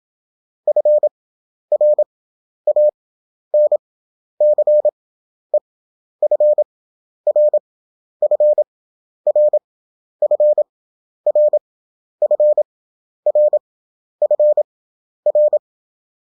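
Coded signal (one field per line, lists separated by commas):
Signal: Morse code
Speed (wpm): 27 wpm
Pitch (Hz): 600 Hz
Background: none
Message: FRANCE FR FR FR FR FR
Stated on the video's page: Morse practice at 27 wpm character speed with 11 wpm effective (Farnsworth) spacing; European country abbreviations, each repeated five times after the country is spelled out.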